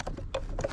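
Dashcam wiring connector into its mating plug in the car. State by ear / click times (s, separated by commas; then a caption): seated / 0.3 s. While a dashcam is installed in a car, a wiring connector is pushed onto its mating plug, with light handling noises around a sharp, solid click at 0.3 s. The connector locks in and is seated.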